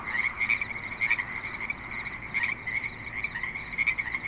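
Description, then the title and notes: Frogs calling in a chorus, a dense band of croaking with several brief louder pulses. Frogs at a creek in Spanish Springs, Nevada, in a suburban setting. "Frogs in Spanish Springs, NV - creek view. Frogs with light traffic and other suburban sounds"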